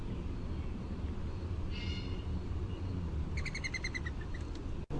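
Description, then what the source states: Mourning dove wing whistle: a short whistling burst, then a rapid run of whistled wingbeat pulses slowing near the end, over steady low rumble. Wing whistle made in flight.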